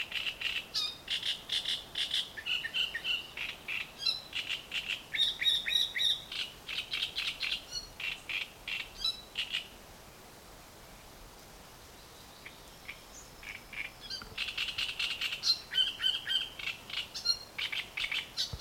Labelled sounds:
Great Reed Warbler (Acrocephalus arundinaceus)

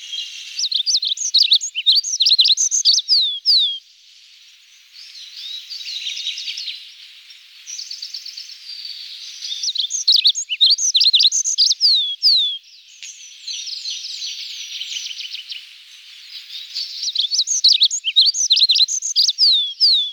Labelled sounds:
Olive-backed Pipit (Anthus hodgsoni) song

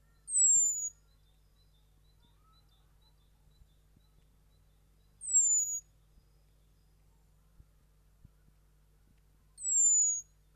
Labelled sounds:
Common Blackbird (Turdus merula) call

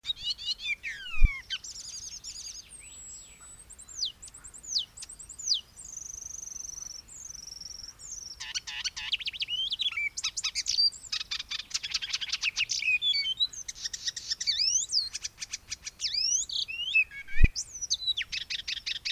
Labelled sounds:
Icterine Warbler (Hippolais icterina) song

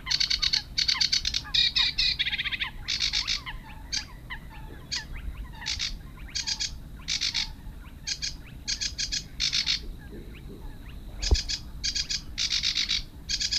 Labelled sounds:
Sedge Warbler (Acrocephalus schoenobaenus) song

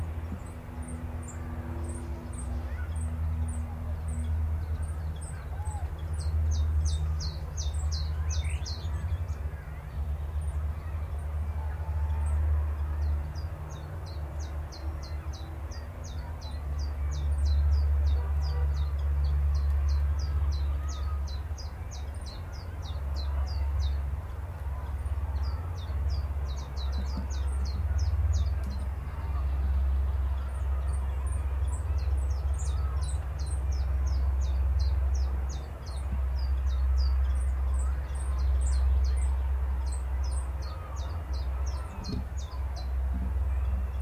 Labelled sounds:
Willow Warbler (Phylloscopus trochilus)

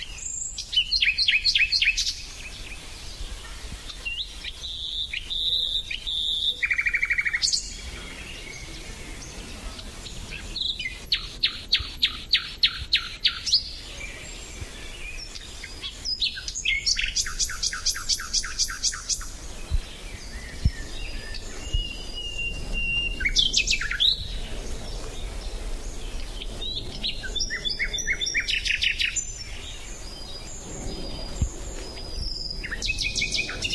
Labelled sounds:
Common Nightingale (Luscinia megarhynchos) song

